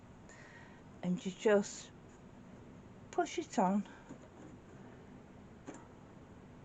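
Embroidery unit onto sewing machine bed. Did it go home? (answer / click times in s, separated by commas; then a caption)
no / none. An embroidery unit is being handled onto the bed of a Silver Viscount embroidery sewing machine. Someone talks briefly over a quiet background with a few faint handling sounds, including a small tap near 5.7 s. Nothing has seated or clicked yet.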